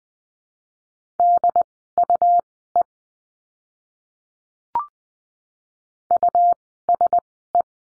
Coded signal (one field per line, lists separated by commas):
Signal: Morse code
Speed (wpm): 20 wpm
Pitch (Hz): 700 Hz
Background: none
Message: DUE USE